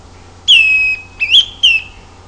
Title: LuckyPassaro Completos2Sama. Greenish Schiffornis (Schiffornis virescens)